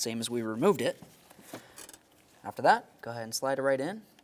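On a 1999-2003 Toyota Solara, the brake fluid level sensor wire is routed along the back of the master cylinder into the clip there, and its connector is slid toward the sensor on the master cylinder reservoir. Someone talks, with a few faint, brief handling ticks in the pauses. Nothing has seated or clicked yet.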